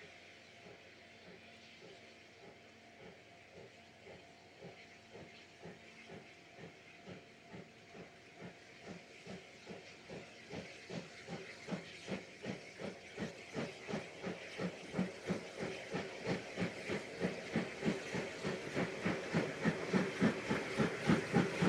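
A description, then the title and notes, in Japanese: A steam locomotive pulling a train approaches from a distance, its regular chuffing beats growing steadily louder and closer over the whole stretch. The exhaust puffs quicken slightly and turn harsher, riding over a constant hiss of steam. JR山口線を走るC57 1 牽引の「SLやまぐち号」。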